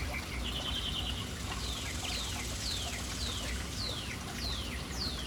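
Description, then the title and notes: Birds giving sharp, high notes that slide downward, repeated about every half second, with a brief buzzy trill at the start. City birds gathered and lingering around an urban fountain. "Urban birds at fountain. Relaxing sounds of City Birds hanging around fountain"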